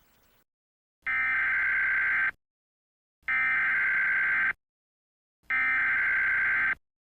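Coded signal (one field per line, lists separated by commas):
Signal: Emergency Alert System (SAME) tones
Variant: header bursts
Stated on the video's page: Fictional EAS scenario alert, not a real emergency alert.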